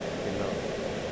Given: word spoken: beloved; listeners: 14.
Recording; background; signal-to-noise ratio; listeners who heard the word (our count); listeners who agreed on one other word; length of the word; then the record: one English word in noise, from a listening test; speech-shaped noise; -6.2 dB; 3 of 14; 7 of 14; 0.72 s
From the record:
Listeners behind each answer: 7, 3, 1, 1, 1, 1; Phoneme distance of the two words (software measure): 34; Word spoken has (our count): 3 syllables, 6 phonemes, stress on syllable 2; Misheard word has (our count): 2 syllables, 4 phonemes, stress on syllable 2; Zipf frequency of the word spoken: 3.86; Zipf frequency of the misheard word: 5.65